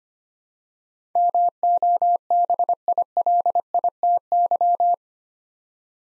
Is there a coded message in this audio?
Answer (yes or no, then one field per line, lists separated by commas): yes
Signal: Morse code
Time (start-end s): 1.2-4.9 s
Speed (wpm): 25 wpm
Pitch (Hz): 700 Hz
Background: none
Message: MOBILITY